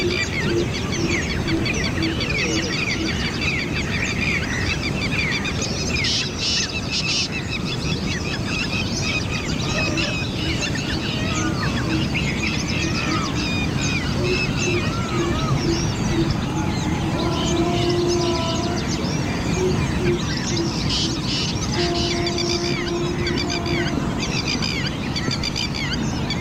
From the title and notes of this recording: Dawn Chorus. De Chouer vum fréie Mueren - live aus Irland. Anne’s Park an der Bull Island bei Dublin.